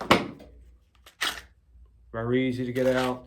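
A pistol is pushed into a molded kydex holster whose trigger guard area was partly filled with wood filler to leave a divot, and it clicks into place at 0.1 s, seating firmly. A second sharp sound follows at about 1.2 s as the gun is drawn back out easily, and then someone talks.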